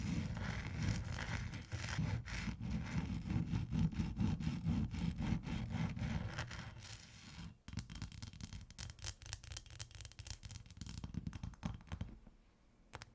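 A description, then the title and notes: Ice is scratched and tapped in dense, rough strokes with a low rumble until about seven seconds, then lighter, quicker scraping that fades near the end. ASMR Ice Tapping & Scratching (No Talking).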